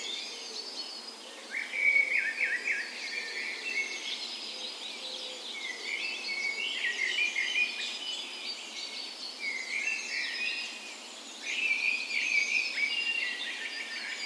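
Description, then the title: Birds in a dawn chorus, several overlapping twittering and trilled phrases throughout. Dawn chorus on the morning of 17 May, Norway's National Day, in a park west in Bergen, Norway, in spring; recorded with Sony PCM A10 and LOM Micro Usi microphones as tree ears. "17th Of May Dawn Chorus"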